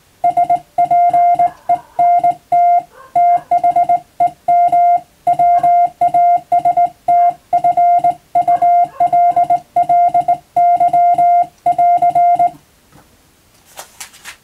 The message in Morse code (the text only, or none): SPENT THEM WASTFULLY <AR>